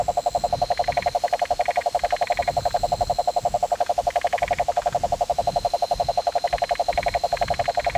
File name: Rhinella marina